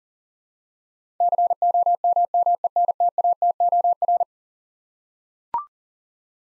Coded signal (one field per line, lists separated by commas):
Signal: Morse code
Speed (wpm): 40 wpm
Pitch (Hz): 700 Hz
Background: none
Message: COMMENTATOR